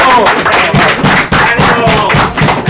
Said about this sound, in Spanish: Entonces vamos con los aplausos espontáneos.